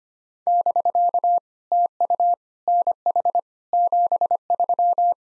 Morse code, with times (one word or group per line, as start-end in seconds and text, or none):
0.5-1.4 <BK>
1.7-2.3 TU
2.7-3.4 NH
3.7-5.1 73